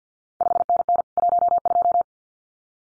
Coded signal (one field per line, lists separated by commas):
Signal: Morse code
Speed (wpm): 50 wpm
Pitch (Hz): 700 Hz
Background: none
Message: 5NN 12